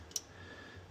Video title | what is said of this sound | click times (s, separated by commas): Can-Am Maverick X3 Automatic Reverse Lights | that you can hear that click. | 0.2 s